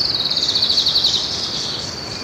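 Bird giving a fast, high trill of rapid notes, with a steady high tone carrying on after it.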